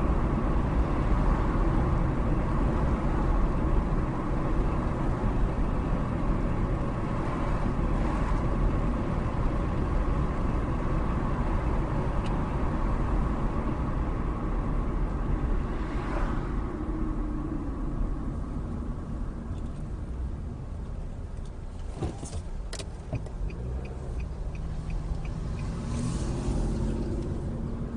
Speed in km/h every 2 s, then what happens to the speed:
58, 58, 60, 60, 60, 60, 58, 44, 32, 19, 6, 6, 13, 21.
0-12 steady at about 60. 12-20 brakes to 6. 22-28 speeds up to 21.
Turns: 16-24.